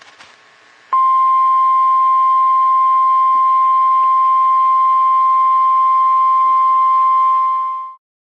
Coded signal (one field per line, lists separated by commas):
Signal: Emergency Alert System (SAME) tones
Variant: 1050 Hz attention tone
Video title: FROM LEFT TO RIGHT... EAS Alerts from 4/21/21 (EAS #188-#213)